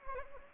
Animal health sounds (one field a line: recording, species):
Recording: mosquito wingbeat signal from an infrared sensor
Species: Anopheles arabiensis